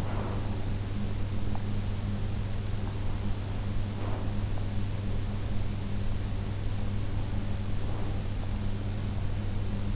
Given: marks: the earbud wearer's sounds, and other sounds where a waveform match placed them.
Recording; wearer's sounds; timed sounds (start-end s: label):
sounds in sleep by an in-ear microphone; breath
0.00-1.38 s: breath
3.81-4.68 s: breath
7.69-8.46 s: breath